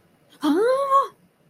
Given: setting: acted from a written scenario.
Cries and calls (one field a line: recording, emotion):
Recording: vocal sound without words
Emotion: negative surprise